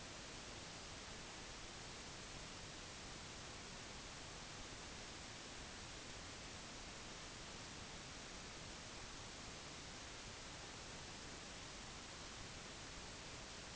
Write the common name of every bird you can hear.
none